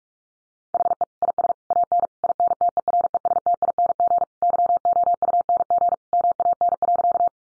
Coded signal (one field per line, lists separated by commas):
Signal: Morse code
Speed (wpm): 44 wpm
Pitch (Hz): 700 Hz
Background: none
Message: HE IS AN INTERESTING YOUNG MAN.